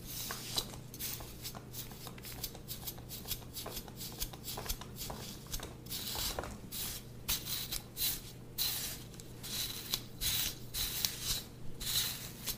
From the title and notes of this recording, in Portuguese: ASMR de massagem completa no seu couro cabeludo.